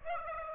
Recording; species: mosquito wingbeat signal from an infrared sensor; Aedes aegypti